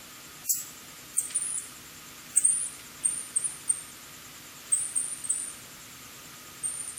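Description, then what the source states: Asian house shrew uttering scattered high-pitched chirping squeaks in short groups separated by quiet pauses, a faint steady hum underneath. Recorded at Oshiro, Itoman, Okinawa, on 7 October 2021.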